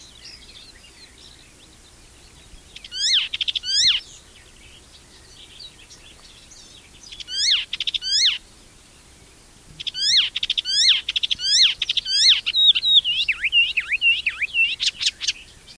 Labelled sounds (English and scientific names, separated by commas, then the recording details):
Icterine Warbler (Hippolais icterina) song
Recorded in the wild
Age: adult
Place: Erlangen (Neuweiher), Bayern, DE
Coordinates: 49.6056, 10.9581
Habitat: pond
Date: 1966-05-12
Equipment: Original, Vollspur, Parabolspiegel Grampian
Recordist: Tretzel, Erwin
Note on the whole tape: Neuweiher: Gesang